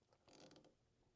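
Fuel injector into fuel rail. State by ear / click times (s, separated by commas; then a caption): seated / 0.4 s. A new fuel injector is pushed by hand into its cup on the engine fuel rail, taking some force, with a burst of faint mechanical rattling from about 0.3 to 0.7 seconds. The injector seats with a little click at 0.4 seconds.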